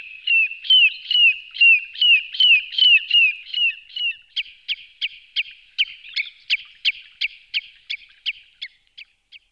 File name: chevalier gambette